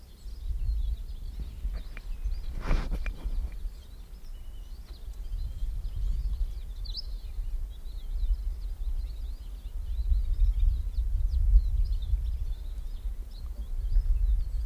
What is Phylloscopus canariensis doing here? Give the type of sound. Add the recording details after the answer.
song. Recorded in the wild. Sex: male. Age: adult. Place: Puerto de la Cruz, Teneriffa, Teneriffa, Kanarische Inseln, ES. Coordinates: 28.4139, -16.5483. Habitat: park. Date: 1964-04-27. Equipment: Nagra III PH, Parabolspiegelmikrophon, LGS26. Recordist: Schneider, Hans-Joachim. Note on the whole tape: Oberhalb von Puerto de la Cruz nahe der Villa "Los Pasos" auf Teneriffa. Phylloscopus collybita canariensis (alte Bezeichnung, inzwischen eigene Art): Gesang. Ma.As: M.Sch. Ab 6:45 min Aufnahmen statt mit dynamischem Mikrophon mit Parapolspiegelmikrophon